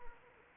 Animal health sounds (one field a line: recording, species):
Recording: mosquito wingbeat signal from an infrared sensor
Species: Anopheles arabiensis